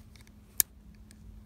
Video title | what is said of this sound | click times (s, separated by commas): How To Replace & Change Out Your 2021 Hyundai Elantra SEL Key Fob Battery When Your Battery is Low | so if it doesn't go in right away that's okay and then you're gonna wait for the click | 0.6 s